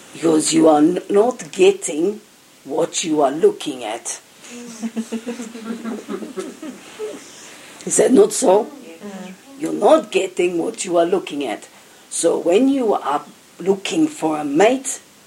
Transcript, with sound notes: because you are not getting what you are looking at. (Laughter) Is that not so? You are not getting what you are looking at, so when you are looking for a mate